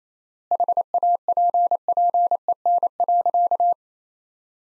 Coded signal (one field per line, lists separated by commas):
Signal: Morse code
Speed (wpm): 28 wpm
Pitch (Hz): 700 Hz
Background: none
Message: HAPPEN.